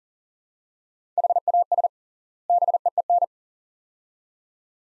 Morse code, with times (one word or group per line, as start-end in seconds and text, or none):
1.2-1.9 HAS
2.5-3.2 BEEN